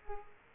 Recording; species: mosquito wingbeat signal from an infrared sensor; Culex quinquefasciatus